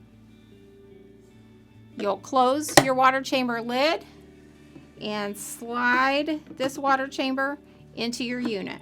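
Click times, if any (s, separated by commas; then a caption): none. A plastic humidifier water chamber is handled with its lid closed, ready to be slid into a CPAP machine base. Someone talks over a low steady hum, with a brief sharp tap near 2.8 seconds. Nothing has seated or clicked yet.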